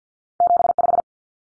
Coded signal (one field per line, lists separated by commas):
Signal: Morse code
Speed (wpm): 50 wpm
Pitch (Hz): 700 Hz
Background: none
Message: 75